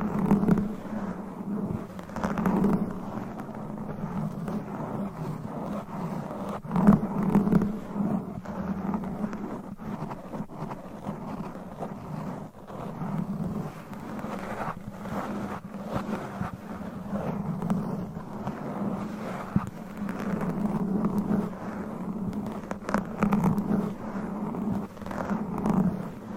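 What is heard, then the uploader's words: Mic scratching with long nails fills the recording, a continuous low rubbing drone with a strong hum-like band low down. Frequent short scrapes and taps break through, with brighter scratchy bursts around 7, 15 and 23 seconds. No voice is heard. ASMR Mic Scratching - Brain Scratching Hypnotic Asmr No Talking for Sleep with Long Nails.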